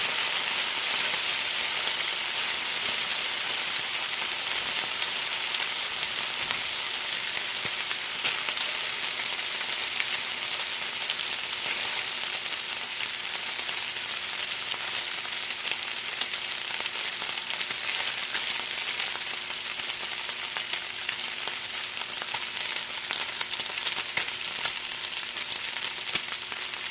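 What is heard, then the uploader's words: Bacon sizzles steadily in a pan, a dense bright hiss dotted with quick crackles and pops throughout, unchanging in level. In this episode, we bring you the soothing sound of bacon sizzling in a pan. The gentle crackling and popping sounds of the bacon in the pan. Sizzling Bacon.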